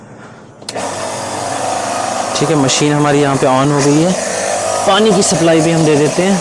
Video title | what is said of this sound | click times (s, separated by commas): BTALI BT 1100 HIGH PRESSURE WASHER - FOR DOORSTEP CAR WASHING - AC SERVICING - SOLAR PANNEL CLEANING | इसे लगाते समय click की आवाज आएगी। | 0.7 s